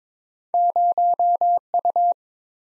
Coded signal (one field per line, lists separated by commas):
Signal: Morse code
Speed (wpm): 22 wpm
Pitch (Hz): 700 Hz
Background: none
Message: 0U